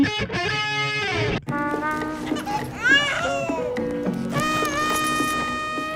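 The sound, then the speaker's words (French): Loud, high-pitched baby sounds from an advertisement, with sustained wails and wavering, sliding squeals that sound electronically processed and distorted, running almost continuously with one brief break. “C'est quoi le bébé? C'était la pub de YouTube.”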